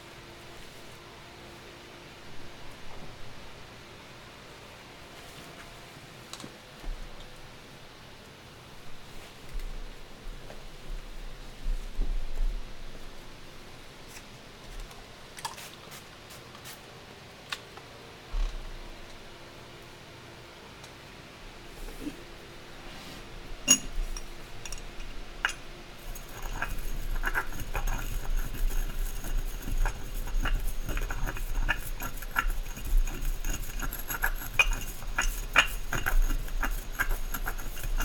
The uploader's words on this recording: ASMR soundscape triggers candle dressing, shuffling, and cutting sounds.